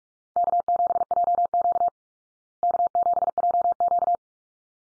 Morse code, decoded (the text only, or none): K7JQ K7JQ